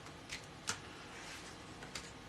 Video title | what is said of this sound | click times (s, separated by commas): Pearlywinks Live 20220318 1903 | um so yeah when you're using this you can pop it in and it'll click into place and it won't move | 0.7 s